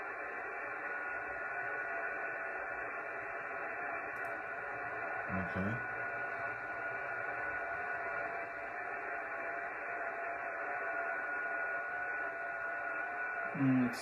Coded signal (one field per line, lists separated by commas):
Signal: FT8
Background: speech